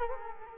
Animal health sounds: mosquito wingbeat signal from an infrared sensor; Culex quinquefasciatus

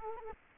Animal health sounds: mosquito wingbeat signal from an infrared sensor; Culex quinquefasciatus

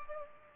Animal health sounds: mosquito wingbeat signal from an infrared sensor; Culex pipiens

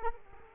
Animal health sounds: mosquito wingbeat signal from an infrared sensor; Culex quinquefasciatus

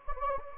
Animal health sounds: mosquito wingbeat signal from an infrared sensor; Anopheles gambiae

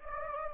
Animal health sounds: mosquito wingbeat signal from an infrared sensor; Anopheles gambiae

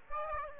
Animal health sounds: mosquito wingbeat signal from an infrared sensor; Aedes aegypti

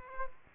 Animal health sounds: mosquito wingbeat signal from an infrared sensor; Culex quinquefasciatus

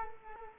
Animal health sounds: mosquito wingbeat signal from an infrared sensor; Culex quinquefasciatus

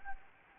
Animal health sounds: mosquito wingbeat signal from an infrared sensor; Anopheles gambiae

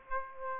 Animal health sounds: mosquito wingbeat signal from an infrared sensor; Aedes aegypti

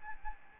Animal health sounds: mosquito wingbeat signal from an infrared sensor; Aedes albopictus

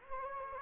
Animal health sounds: mosquito wingbeat signal from an infrared sensor; Culex quinquefasciatus

